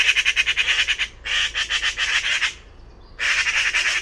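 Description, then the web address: Bird calling with rasping, fast-pulsed notes in three bursts, a brief quiet pause before the final run. Call type labelled "Pi Pi Pi Pi" class, bird-only dataset, 2025. "cianscape birddata Deverinetal 2025 File origin Bird Only More Classes Pi Pi Pi Pi"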